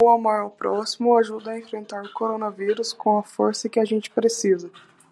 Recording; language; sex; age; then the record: spoken sentence; Brazilian Portuguese; female; 20 to 29 years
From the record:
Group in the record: control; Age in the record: 24 years